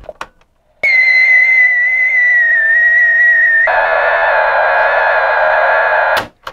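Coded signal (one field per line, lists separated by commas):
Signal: Commodore tape loading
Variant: Commodore PET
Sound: wavering high buzzing tone for three seconds, then a harsher, denser data buzz, then clicks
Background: cassette player clicks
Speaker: i brought out a tandy one just because it has a speaker but just so we can hear if we hear the data tones on the tape just in case it was erased at some point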